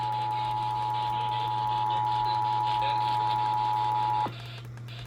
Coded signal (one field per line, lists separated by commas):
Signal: Emergency Alert System (SAME) tones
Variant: 853 and 960 Hz attention tone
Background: speech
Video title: Eas svr on KUHF 88.7fm. Kacc 89.7fm And new station found KREH 900am Eas#1173- 1175)